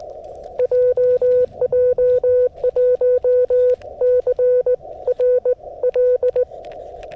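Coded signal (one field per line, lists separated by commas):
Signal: Morse code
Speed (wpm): 18 wpm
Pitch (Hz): 500 Hz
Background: none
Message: JJ1CRL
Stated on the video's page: 40m CW summit activation, Yaesu FTX-1F at 5W QRP, 13m long wire antenna, keyed with a GHD straight key.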